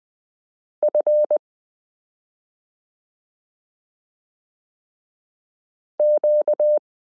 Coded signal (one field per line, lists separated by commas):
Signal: Morse code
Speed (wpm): 20 wpm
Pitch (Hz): 600 Hz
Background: none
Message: F Q